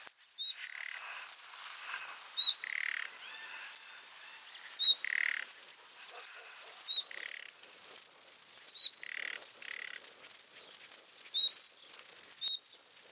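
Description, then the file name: Common nightingale calling: brief high whistled notes every couple of seconds, mixed with harsher croaking rasps and light background crackle. "Luscinia megarhynchos"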